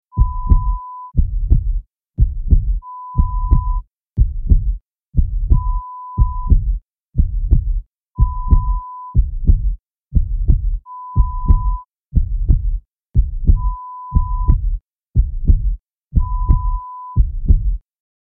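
A regular heartbeat at about 60 beats per minute: deep, low-pitched thumping beats. A short, steady high-pitched beep tone repeats every few seconds over the beats.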